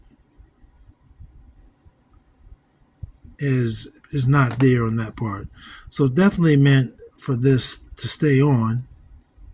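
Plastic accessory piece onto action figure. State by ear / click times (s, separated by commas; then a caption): partly seated / 9.2 s. Someone talks while a plastic accessory piece is pressed onto a 1995 Galoob Ultraforce All-American Prime action figure. A faint tick comes at 9.2 s, but the piece does not snap on firmly the way the first one did.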